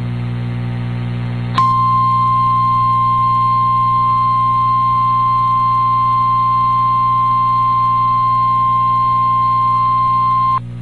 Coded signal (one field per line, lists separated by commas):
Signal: Emergency Alert System (SAME) tones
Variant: 853 and 960 Hz attention tone